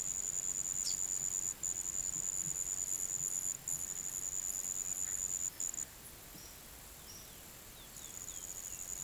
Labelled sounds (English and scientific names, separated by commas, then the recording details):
none
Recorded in pastures near Puerto Asís, Putumayo, Colombia, on 29 June 2025 at 09:30
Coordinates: 0.486, -76.323
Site H29